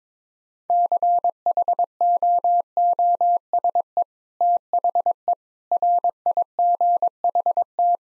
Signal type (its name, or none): Morse code